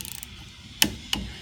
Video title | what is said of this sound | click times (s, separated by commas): Installing pulley from CF-120 diesel pump | you hear it click | 0.8 s